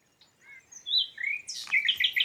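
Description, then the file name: Common nightingale song phrase of soft whistled notes, followed by a harsh burst and a few bright clipped notes. "Luscinia megarhynchos"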